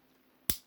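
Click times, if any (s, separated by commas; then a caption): 0.5 s. A plastic suspension part is pushed back into the chassis of a scale model Ford Zephyr car after several failed tries. Quiet background gives way to one loud, sharp snap at 0.5 s that fades quickly. The part seats home.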